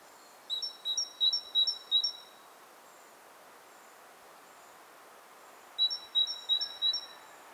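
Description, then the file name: Great tit whistling two phrases of repeated two-note units, the first of five pairs, the second of four, separated by several seconds of low background noise. "Parus major"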